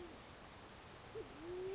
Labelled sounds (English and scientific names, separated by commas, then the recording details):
Band-tailed Pigeon (Patagioenas fasciata)
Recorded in Sonoma County, California